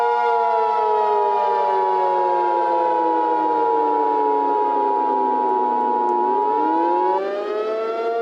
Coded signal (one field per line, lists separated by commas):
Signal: Emergency Alert System (SAME) tones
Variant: 853 and 960 Hz attention tone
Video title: EAS Scenario #10: Superstorm 2023